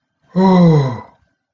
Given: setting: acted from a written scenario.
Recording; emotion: vocal sound without words; positive surprise